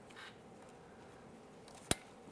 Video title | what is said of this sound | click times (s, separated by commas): How to Replace Front ABS Wheel Speed Sensors 1999-2006 Chevrolet Silverado 1500 | press it and listen for a click from that we'll make our way up here | 1.9 s